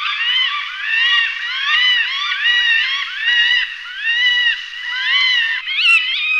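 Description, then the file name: Northern goshawk giving a steady series of harsh, harmonic wailing calls, each note arched in pitch, with slight dips between runs. "jestřáb-lesní"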